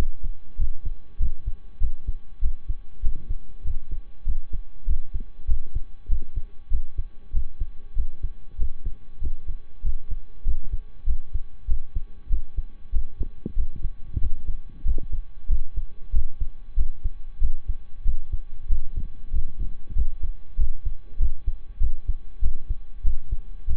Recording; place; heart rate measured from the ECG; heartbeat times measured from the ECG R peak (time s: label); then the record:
heart sounds by stethoscope; between the tricuspid and mitral areas; 96 bpm
0.55 s: heartbeat
1.16 s: heartbeat
1.77 s: heartbeat
2.38 s: heartbeat
3.00 s: heartbeat
3.61 s: heartbeat
4.23 s: heartbeat
4.84 s: heartbeat
5.45 s: heartbeat
6.06 s: heartbeat
6.68 s: heartbeat
7.30 s: heartbeat
7.93 s: heartbeat
8.55 s: heartbeat
9.18 s: heartbeat
9.80 s: heartbeat
10.42 s: heartbeat
11.03 s: heartbeat
11.65 s: heartbeat
12.27 s: heartbeat
12.89 s: heartbeat
13.53 s: heartbeat
14.17 s: heartbeat
14.82 s: heartbeat
15.46 s: heartbeat
16.10 s: heartbeat
16.74 s: heartbeat
17.38 s: heartbeat
18.02 s: heartbeat
18.66 s: heartbeat
19.30 s: heartbeat
19.93 s: heartbeat
20.55 s: heartbeat
21.16 s: heartbeat
21.77 s: heartbeat
22.39 s: heartbeat
23.01 s: heartbeat
23.64 s: heartbeat
From the record:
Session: slow and fast walking with breaks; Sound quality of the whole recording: saturated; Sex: male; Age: 25 years